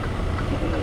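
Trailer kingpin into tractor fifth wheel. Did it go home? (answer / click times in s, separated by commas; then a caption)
no / none. A semi truck backs under a trailer to bring the trailer kingpin into the tractor's steel fifth wheel, with a steady low engine rumble throughout. Nothing has seated or clicked yet, as the clip ends just before the fifth wheel jaws lock onto the kingpin.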